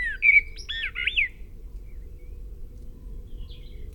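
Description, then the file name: Common blackbird giving one brief fluty warbled phrase with a squeaky flourish, then quiet apart from a faint high note and low background hum. "Turdus merula"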